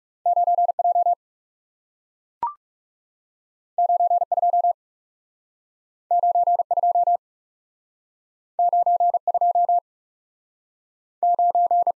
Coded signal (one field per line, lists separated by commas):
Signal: Morse code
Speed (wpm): 40 wpm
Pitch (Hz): 700 Hz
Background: none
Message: 9 J 9 2 9 2 9 2 9